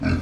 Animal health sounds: pig call; growing-finishing pig (85 days or more)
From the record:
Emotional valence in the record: negative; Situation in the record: barren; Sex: male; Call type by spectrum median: low-frequency call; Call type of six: low-frequency modulated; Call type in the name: low-frequency modulated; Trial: 2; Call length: 0.22 s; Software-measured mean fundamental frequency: 49 Hz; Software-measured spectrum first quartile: 146 Hz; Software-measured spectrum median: 287 Hz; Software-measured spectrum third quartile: 1078 Hz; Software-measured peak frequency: 254 Hz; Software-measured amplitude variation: 157 dB a second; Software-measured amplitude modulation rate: 24.8 a second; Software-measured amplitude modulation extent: 6.3 dB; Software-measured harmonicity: -0.7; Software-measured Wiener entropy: -2.10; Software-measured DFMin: 1079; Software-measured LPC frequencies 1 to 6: 1474, 2344, 4276, 5384, 6635, 7879 Hz

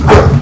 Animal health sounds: pig call; growing-finishing pig (85 days or more)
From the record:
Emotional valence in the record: positive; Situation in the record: run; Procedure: transit

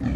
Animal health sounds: pig call; growing-finishing pig (85 days or more)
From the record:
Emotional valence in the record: negative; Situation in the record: barren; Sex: female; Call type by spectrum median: low-frequency call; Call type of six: low-frequency stable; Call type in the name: low-frequency stable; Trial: 1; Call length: 0.16 s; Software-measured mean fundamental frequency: 45 Hz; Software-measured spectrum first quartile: 100 Hz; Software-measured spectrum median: 196 Hz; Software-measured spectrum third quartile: 319 Hz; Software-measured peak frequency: 251 Hz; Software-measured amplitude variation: 117 dB a second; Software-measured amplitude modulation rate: 15.6 a second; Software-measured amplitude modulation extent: 7.5 dB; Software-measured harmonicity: -1.2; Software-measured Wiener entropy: -0.81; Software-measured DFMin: 706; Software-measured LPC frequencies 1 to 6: 1784, 2367, 3336, 4400, 5720, 6516 Hz

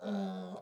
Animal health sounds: pig call; piglet (1 to 25 days)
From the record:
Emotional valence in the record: negative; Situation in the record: short isolation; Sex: male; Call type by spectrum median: low-frequency call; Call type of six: low-frequency modulated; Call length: 0.62 s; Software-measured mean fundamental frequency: 49 Hz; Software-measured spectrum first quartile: 198 Hz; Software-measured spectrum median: 333 Hz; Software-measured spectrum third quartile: 706 Hz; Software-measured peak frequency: 201 Hz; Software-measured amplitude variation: 62 dB a second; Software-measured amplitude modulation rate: 12.1 a second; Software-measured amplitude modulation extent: 5.1 dB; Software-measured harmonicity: 6.8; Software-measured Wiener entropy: -0.32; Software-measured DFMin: 1018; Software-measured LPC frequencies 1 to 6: 627, 1405, 3528, 3831, 4860, 5585 Hz

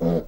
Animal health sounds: pig call; piglet (1 to 25 days)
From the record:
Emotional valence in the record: negative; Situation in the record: crushing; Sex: male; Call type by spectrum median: low-frequency call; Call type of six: low-frequency stable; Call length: 0.28 s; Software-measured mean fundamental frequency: 53 Hz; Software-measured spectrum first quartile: 185 Hz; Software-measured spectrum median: 324 Hz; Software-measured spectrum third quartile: 522 Hz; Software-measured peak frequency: 492 Hz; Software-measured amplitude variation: 127 dB a second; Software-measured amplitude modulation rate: 21.1 a second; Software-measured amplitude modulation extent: 6.0 dB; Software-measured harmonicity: 1.7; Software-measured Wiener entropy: -0.68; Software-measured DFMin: 957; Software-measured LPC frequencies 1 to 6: 507, 1978, 3307, 3986, 4830, 5328 Hz

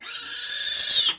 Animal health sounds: pig call; piglet (1 to 25 days)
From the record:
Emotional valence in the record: negative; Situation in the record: castration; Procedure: castration, cut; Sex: male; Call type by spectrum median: high-frequency call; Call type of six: high-frequency stable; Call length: 1.19 s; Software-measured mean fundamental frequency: 173 Hz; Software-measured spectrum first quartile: 4037 Hz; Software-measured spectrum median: 4993 Hz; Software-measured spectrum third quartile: 7518 Hz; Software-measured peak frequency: 4503 Hz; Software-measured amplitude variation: 85 dB a second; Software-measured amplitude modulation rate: 22.3 a second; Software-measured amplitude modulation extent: 3.8 dB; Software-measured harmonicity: 4.8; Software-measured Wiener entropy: -2.60

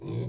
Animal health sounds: pig call; weaner (32 to 43 days)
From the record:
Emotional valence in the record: negative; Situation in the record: novel object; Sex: female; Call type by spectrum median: low-frequency call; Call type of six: low-frequency stable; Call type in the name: low-frequency stable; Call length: 0.28 s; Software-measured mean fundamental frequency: 56 Hz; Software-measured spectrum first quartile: 127 Hz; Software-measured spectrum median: 239 Hz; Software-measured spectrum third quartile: 577 Hz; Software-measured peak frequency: 135 Hz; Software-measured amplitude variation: 94 dB a second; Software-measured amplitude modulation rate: 24.7 a second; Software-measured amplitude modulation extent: 3.8 dB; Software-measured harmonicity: 1.2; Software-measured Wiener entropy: -0.52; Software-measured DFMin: 1075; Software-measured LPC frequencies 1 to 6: 310, 2316, 3450, 4039, 6185, 7362 Hz

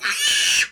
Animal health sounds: pig call; piglet (1 to 25 days)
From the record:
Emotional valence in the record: negative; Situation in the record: restrain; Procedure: sham castration, fixation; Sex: male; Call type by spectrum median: high-frequency call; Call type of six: high-frequency modulated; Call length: 0.71 s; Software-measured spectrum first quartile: 2556 Hz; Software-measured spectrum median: 3576 Hz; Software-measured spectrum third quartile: 6271 Hz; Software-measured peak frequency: 2894 Hz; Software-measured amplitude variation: 102 dB a second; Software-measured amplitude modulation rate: 25.9 a second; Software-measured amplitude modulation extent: 4.0 dB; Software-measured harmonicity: 2.9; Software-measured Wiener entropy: -1.92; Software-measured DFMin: 1275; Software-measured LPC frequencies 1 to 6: 1698, 2700, 2984, 4461, 5692, 6284 Hz

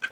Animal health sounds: pig call; piglet (1 to 25 days)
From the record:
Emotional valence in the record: positive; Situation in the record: after nursing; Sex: male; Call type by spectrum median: low-frequency call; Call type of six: low-frequency tonal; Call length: 0.11 s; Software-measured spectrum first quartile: 1539 Hz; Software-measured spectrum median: 1737 Hz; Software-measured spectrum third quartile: 2681 Hz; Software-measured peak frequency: 1555 Hz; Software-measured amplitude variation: 249 dB a second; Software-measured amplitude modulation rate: 4.4 a second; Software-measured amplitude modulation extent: 56.8 dB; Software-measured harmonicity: 6.4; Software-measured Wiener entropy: -1.52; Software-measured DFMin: 863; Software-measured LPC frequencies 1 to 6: 1549, 2452, 3149, 4368, 5771, 6382 Hz

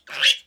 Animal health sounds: pig call; piglet (1 to 25 days)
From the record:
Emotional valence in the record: negative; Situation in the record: restrain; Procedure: back test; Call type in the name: high-frequency call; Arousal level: medium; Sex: male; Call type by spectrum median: high-frequency call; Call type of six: high-frequency stable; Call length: 0.47 s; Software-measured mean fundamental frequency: 222 Hz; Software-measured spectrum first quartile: 2522 Hz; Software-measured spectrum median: 3038 Hz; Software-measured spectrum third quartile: 3541 Hz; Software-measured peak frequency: 3322 Hz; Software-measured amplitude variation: 238 dB a second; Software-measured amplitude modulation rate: 15.0 a second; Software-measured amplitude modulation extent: 15.9 dB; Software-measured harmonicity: 4.8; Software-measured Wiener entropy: -1.99

